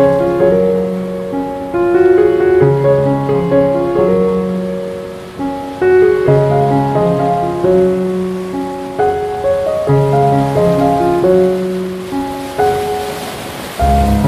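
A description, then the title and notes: Gentle music with a steady water sound, like soft rain, hissing faintly underneath throughout. Sustained low bass notes support a calm melodic line that moves in unhurried phrases, with new phrases beginning roughly every four seconds at an even volume. Relaxing Music with Water Sounds.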